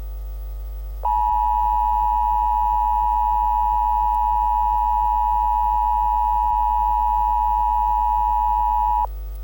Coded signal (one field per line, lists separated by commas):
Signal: Emergency Alert System (SAME) tones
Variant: 853 and 960 Hz attention tone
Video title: An EAS Scenario - M A R S I S T H E N E W E A R T H - ???????????????????????????????? (Part II)